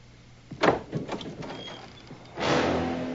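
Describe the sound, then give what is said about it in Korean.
A door is opened by Denny to answer a visitor: a cluster of sharp mechanical clicks and knocks from the latch, a brief pause, then a steady broad whoosh as it swings open. No one speaks. “문을 열어주러 가는 데니.”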